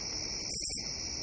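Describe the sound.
Katydid call: one brief, very high, buzzy burst of three quick pulses, set over a constant hissing background.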